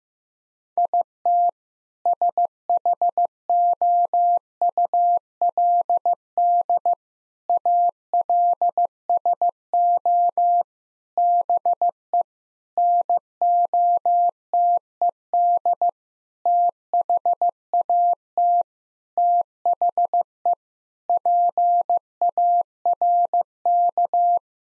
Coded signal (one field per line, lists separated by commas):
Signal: Morse code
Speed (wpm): 15 wpm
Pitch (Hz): 700 Hz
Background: none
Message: IT SHOULD ALSO BE NOTED THAT THE PARK